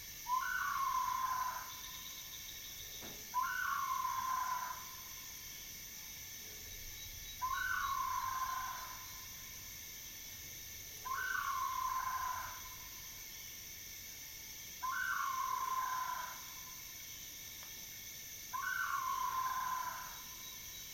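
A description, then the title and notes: A western tree hyrax calls at night, repeating a loud descending shriek about every four seconds over a steady, high insect hum. It's midnight in the remote village of Mohoba, central Gabon. I'm sleeping in a tent on the porch of a local's house, with the D100 on a chair nearby. Western Tree Hyrax.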